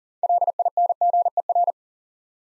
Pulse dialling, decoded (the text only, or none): none